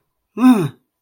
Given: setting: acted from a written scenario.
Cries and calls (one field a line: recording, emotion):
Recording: vocal sound without words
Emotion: realization